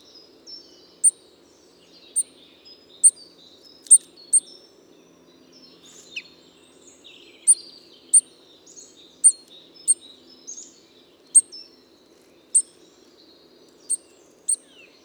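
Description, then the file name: Eurasian nuthatch calls: short, sharp high notes repeated roughly every second or so over a steady low hum, with faint twittering between them. "Sitta europaea"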